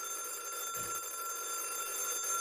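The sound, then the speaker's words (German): The old Radio Bremen radio-play telephone, the one heard in every 1960s radio crime play, rings continuously, a bright metallic bell jangle with strong steady high tones, sustained throughout at an even level with no one speaking. “Und hier klingelt das Radio Bremen Hörspieltelefon, das in jedem Radiokrimi aus den 60ern gleich schellt, schon unser kommendes Hörspiel an.”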